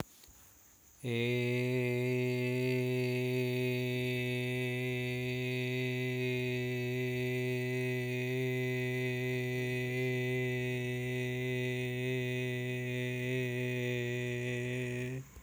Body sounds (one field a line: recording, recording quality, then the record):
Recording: sustained vowel as in made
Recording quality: excellent, no background noise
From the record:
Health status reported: healthy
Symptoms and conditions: none ticked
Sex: male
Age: 55 years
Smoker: not ticked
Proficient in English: yes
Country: India